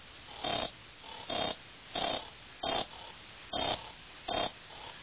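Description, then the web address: Insect chirping, short harsh buzzy bursts with a high thin edge, in uneven pairs about a second apart, over a quiet background. "animali insetti insetti insect"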